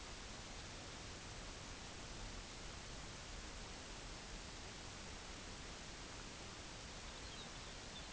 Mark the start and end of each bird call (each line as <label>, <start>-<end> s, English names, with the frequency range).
Lapland Longspur (2.6-4.9 kHz), 7.00-8.12 s